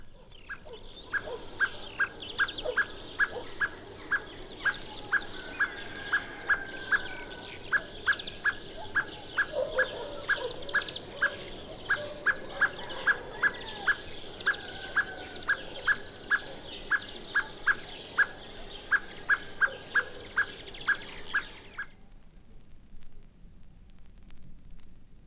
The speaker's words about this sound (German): Hören wir nun den Bodenfeindwarnruf der Amsel, im Hintergrund Hämpflinge und Grünfinken.